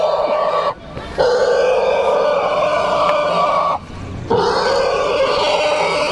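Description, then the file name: Pig squealing in long, grating screams, pausing briefly twice for breath between the cries. "cochon"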